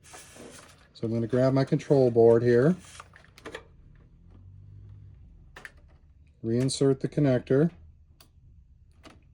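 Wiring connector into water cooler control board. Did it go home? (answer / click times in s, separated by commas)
yes / 8.2 s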